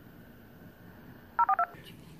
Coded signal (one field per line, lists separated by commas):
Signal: DTMF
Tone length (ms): 70 ms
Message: 042